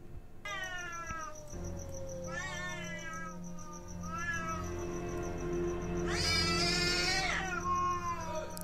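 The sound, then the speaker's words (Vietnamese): A large black cat yowls savagely in a series of long, wavering, high-pitched wails, the last cry rising loudest and harshest, over a steady low hum and faint background noise. “Con mèo đưa mắt nhìn xung quanh, rồi sau đó rít lên những tiếng nghe man dợ lắm.”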